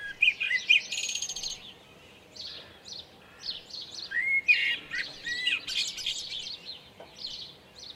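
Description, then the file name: Common blackbird song: short fluted, slurring whistles mixed with twittery high notes, amid several other birds singing buzzy trills and chirps. Recorded at Lucenay. "merle lucenay"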